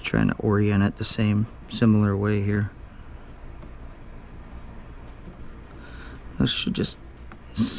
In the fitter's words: snap right in. That one went in. Nice.